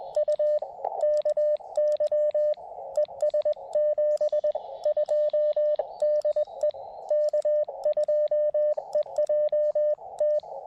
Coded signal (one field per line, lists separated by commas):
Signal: Morse code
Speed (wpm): 20 wpm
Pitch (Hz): 600 Hz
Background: radio noise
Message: U KY ES 72 DE K2EJT